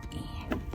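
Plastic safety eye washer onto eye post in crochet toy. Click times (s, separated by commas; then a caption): 0.5 s. A plastic washer is pushed back onto the post of a plastic safety eye on a crocheted toy, and it snaps at 0.5 s, the loudest of three short clicks. Fainter clicks come at 0.1 s and 0.7 s over a low background rumble. The safety eye is seated and secured.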